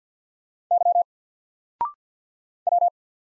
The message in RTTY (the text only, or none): none